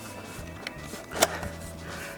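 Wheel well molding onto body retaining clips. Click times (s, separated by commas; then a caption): 1.2 s. Chrome wheel well trim molding on a 1967 Camaro is pressed home onto the body's retaining clips. A faint tap at about 0.7 s comes over a low steady hum, then a sharp click at 1.2 s as the molding slides into place and seats on the clips.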